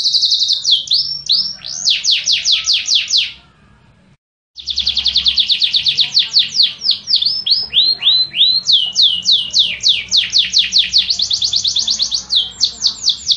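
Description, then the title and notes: Canary singing long rapid trills of repeated sweeping notes, a brief silence, then continued varied rolling trills, with a faint low hum in the background. Canary master song recording used as a training tutor for other canaries. "Suara Burung Kenari Masteran. master suara burung kenari mantap"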